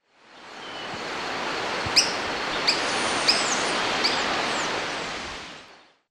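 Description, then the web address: Montane foliage-gleaner producing four abrupt, high-pitched chips at uneven intervals under a second apart, over loud steady rushing noise with faint high whistles. Recorded in Ecuador. "Birds of Ecuador. Montane Foliage-gleaner"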